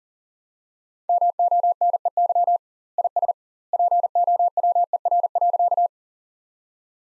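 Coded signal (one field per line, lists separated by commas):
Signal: Morse code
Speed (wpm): 40 wpm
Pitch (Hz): 700 Hz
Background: none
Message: MONEY IS POWER.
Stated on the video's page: Sentence copy practice at 40 wpm with 2x standard word spacing, a word-level analogue of Farnsworth spacing.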